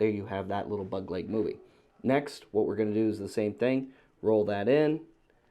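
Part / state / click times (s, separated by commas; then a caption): plastic side panel pegs tabbing into the inner panel of an action figure / not seated / none. Someone talks while handling a Transformers Legacy Evolution Bombshell action figure, rolling the plastic side panel of the other arm so its side and downward-facing pegs can tab into the inner panel. The panel is handled but not yet home, and nothing has seated or clicked yet.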